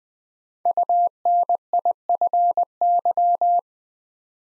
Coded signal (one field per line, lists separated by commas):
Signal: Morse code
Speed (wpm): 20 wpm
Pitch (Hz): 700 Hz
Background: none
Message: UNIFY